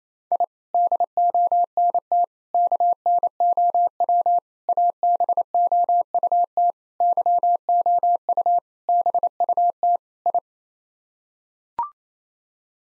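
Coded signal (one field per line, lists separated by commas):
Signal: Morse code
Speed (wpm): 28 wpm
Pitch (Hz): 700 Hz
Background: none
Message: I DONT KNOW ABOUT YOU BUT I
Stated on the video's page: Head-copy drill of seven-word groups in Morse at 28 wpm, each group sent, then spoken, then sent again.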